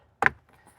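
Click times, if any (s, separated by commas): 0.3 s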